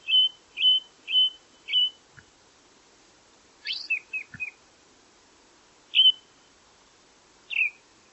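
Bird calls: short high chirps repeated about twice a second, a brief burst of mixed notes in the middle, then two more spaced chirps, in an otherwise quiet background.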